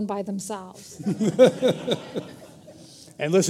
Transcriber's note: laughing